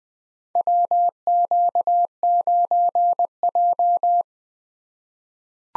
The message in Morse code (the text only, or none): WQ9J